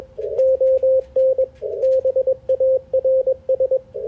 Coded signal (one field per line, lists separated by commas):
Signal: Morse code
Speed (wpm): 21 wpm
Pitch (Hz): 530 Hz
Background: radio noise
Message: ON BARS